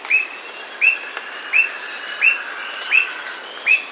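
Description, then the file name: Squirrel cuckoo calling with short, sharp upslurred notes near the same pitch, repeated steadily about every 0.7 seconds, six notes over a faint hiss. Amazon region; Peru and Ecuador. "Squirrel Cuckoo (Piaya cayana), Peru, Ecuador"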